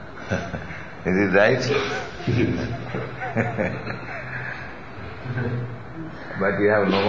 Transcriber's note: chuckles; laughs